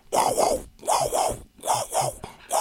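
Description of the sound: An adult imitates by voice the fetal heart monitor used during labour: the baby's heartbeat as heard from the monitor placed on the mother's belly, rendered as rhythmic, whooshing pulses.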